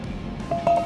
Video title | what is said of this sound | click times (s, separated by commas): BD Diesel's Ryan Richman explains the Hi5 Torque Converter | snaps in there nice. | 0.5 s, 0.7 s